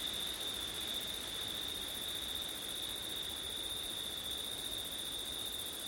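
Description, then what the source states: Crickets keep up a constant shrill trill across the whole stretch, blended with a soft high shimmer and steady wind noise. Crickets on a windy September night; ortif recording.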